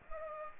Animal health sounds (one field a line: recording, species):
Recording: mosquito wingbeat signal from an infrared sensor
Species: Culex pipiens